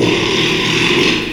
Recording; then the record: squeal of a Yucatan mini pig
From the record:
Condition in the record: after surgery on the right vocal fold (resection and tissue-engineered implant); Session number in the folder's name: 1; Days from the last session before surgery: 6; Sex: male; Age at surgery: 12 weeks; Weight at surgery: 13 kg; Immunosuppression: cyclosporine, prednisolone